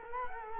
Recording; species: mosquito wingbeat signal from an infrared sensor; Culex quinquefasciatus